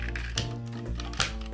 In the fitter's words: they click I like that that's actually satisfied now